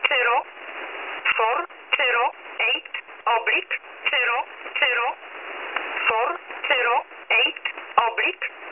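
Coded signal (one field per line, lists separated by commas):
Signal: numbers station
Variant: E11 Oblique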